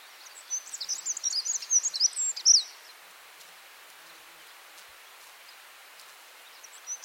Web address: black throated accentor call